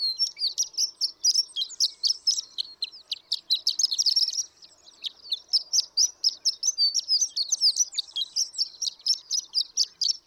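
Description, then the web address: Horned lark pouring out fast, high twittering song in long bursts separated by a single short pause. "birdsongforthecurious Horned Lark"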